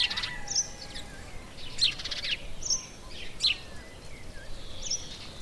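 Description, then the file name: House sparrow chirps, short notes given in small bursts at irregular intervals. "Passer domesticus"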